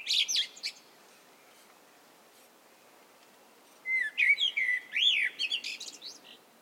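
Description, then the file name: Common blackbird song: a squeaky high flourish at the start, then after a pause a fuller phrase of mellow fluted notes rising and falling, closing with shrill twittering. "Turdus merula"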